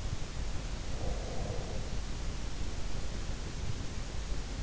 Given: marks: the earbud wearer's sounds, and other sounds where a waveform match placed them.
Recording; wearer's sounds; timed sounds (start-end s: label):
sounds in sleep by an in-ear microphone; breath
0.99-3.04 s: breath